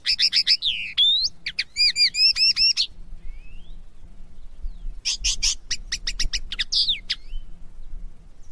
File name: CANTO DEL PARDILLO PARA EDUCAR NOVELES VERANO 2017 CARDUELIS CANNABINA